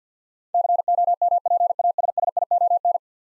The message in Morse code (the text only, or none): COMPASSION